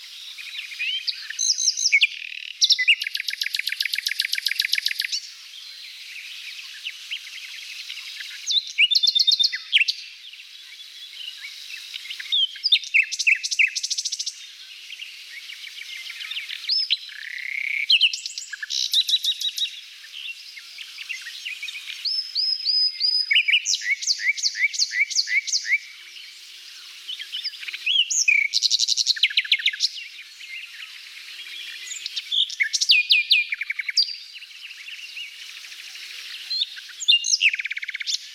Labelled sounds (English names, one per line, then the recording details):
Common Nightingale song
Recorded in the wild
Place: NSG Taubergießen / Reg.-Präs. Freiburg im Breisgau, Baden-Württemberg, DE
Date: 1989-05-23
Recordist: Schwarz, Dieter